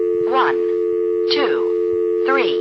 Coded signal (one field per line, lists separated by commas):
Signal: telephone call progress tone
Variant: North America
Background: speech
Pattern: dial tone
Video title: Carolina Telephone Part 4 - NX1-E in Vanceboro NC (March, 1977)